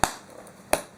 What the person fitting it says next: on entend bien les clics. Et là, c'est bien sécurisé, il y a aucun souci.